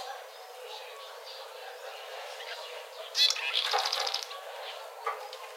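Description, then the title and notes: A swallow gives one sharp chirp followed by a burst of buzzy, rattling twitter lasting about a second, then a single faint call. "Golondrinas. Blog De Aves"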